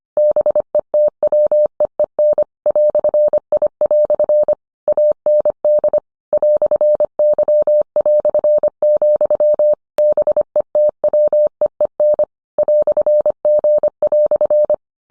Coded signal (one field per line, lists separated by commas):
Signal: Morse code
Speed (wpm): 25 wpm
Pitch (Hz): 600 Hz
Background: none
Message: BETWEEN "I" AND "Y", BETWEEN "G"